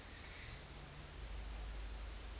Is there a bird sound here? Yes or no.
no